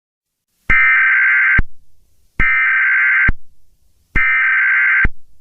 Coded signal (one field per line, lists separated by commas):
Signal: Emergency Alert System (SAME) tones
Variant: header bursts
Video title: EAS- Wind Advisory but Tom gets interrupted